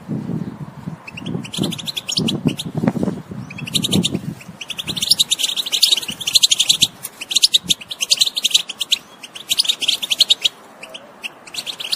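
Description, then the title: European goldfinch song of quick liquid twittering and trills, overlapping low thumping or rumbling sounds during the first few seconds. Wild bird. "اجمل غناءالحسون الخلويchant chardonneret sauvage"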